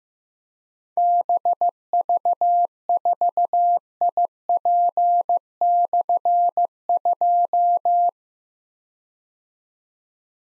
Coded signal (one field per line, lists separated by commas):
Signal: Morse code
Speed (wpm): 15 wpm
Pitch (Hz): 700 Hz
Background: none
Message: BV4IP/2